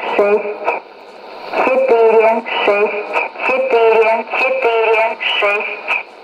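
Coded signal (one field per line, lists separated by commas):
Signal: numbers station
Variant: S06s, Russian female voice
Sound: a woman's voice over radio reading short, evenly spaced words, likely Russian numbers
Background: radio static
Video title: 10 05 2017 Numbers station S06s Russian Lady in Russian to Eu 0824 on 9485 unknown tx site in CUSB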